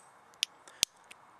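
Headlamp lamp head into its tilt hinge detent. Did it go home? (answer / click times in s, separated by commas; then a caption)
yes / 0.4 s, 0.8 s. The lamp head of a headlamp is folded down and then let snap back into one of its plastic tilt-hinge detent positions, with two sharp clicks at 0.4 s and 0.8 s and fainter ticks around 0.3 s, 0.7 s and 1.1 s. The lamp head seats in the hinge detent.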